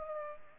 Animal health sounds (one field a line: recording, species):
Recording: mosquito wingbeat signal from an infrared sensor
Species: Culex pipiens